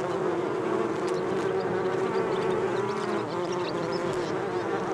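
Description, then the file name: Bees buzzing in a dense, steady drone, many overlapping hums layered together with slight wavering in pitch throughout. Several bees. "benboncan bees"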